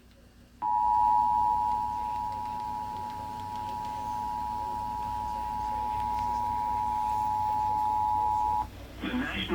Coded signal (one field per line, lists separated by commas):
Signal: Emergency Alert System (SAME) tones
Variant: 853 and 960 Hz attention tone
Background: speech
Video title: eas#25 tornado warning